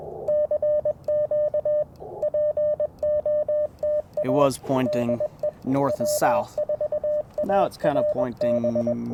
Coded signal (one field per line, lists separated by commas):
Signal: Morse code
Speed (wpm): 21 wpm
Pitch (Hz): 600 Hz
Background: speech, radio noise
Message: CQ POTA DE W4ARB